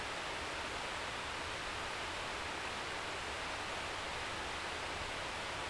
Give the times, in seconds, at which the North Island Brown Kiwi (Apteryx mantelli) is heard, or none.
none